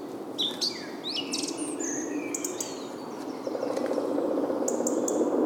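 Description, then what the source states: Bird chirps: scattered high, sharp notes and short rising whistles early on, then a steady low buzzing drone builds over background noise. Soundscape.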